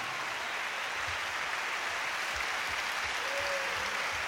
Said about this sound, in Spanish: El aplauso para mis compañeros músicos y cantantes de Puerto Rico.